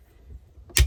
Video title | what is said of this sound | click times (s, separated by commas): Synio Stove Jet - Update #6 | There we go. It does that like click. That's just telling me that the torque's set. | 0.8 s